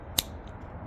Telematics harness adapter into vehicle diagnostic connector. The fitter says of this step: So, when you slide it in, you hear a nice click